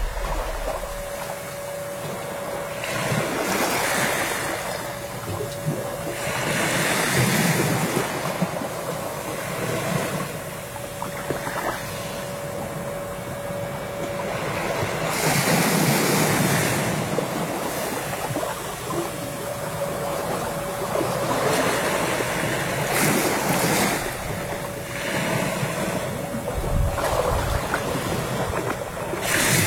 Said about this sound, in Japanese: その中でとてもキュンとした島があって、その島を波照間島といって八重山諸島の最南端に位置する小さな島です。今皆さんにお聞きいただいているこの波の音も波照間島で撮ったものです。